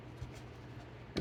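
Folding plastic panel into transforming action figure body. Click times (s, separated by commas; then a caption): 1.2 s. During the transformation of a plastic Legacy Evolution Insecticons Bombshell Deluxe action figure, a pair of plastic panels is folded into the body. After quiet handling noise with a faint bump near 0.2 s, a sharp snap sounds at 1.2 s as the parts seat in place.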